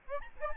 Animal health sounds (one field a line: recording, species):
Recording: mosquito wingbeat signal from an infrared sensor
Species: Aedes albopictus